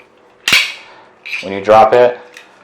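The tripod leg-angle latches on the metal spider of a Sunwayfoto T1A20 aluminum tripod are handled as its metal legs are dropped open. A sharp metallic snap comes at about 0.5 s, then someone talks, followed by faint ticks near the end. Nothing has seated or clicked into place yet.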